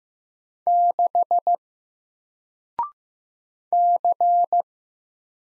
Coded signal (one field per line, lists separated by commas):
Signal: Morse code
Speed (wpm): 15 wpm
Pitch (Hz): 700 Hz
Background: none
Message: 6 C